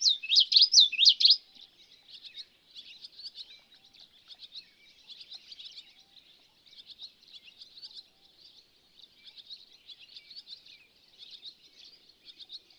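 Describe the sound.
Bird song: a loud burst of rapid rising sweeping notes opens, then a steady high twittering continues throughout.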